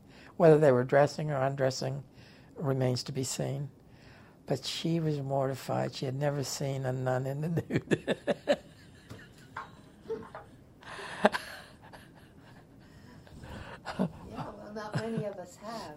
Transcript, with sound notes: whether they were dressing or undressing remains to be seen—but she was mortified. She had never seen a nun in the (laughs)
Well, not many of us have.